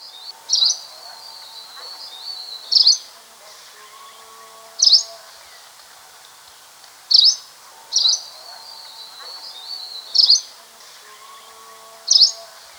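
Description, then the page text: Two-barred greenish warbler giving a short, high slurred call note, repeated several times at uneven intervals over a steady background hiss with faint lower tones. "Two-Barred Greenish Warbler Call. Quick Sounds"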